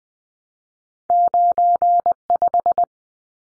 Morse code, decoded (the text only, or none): 95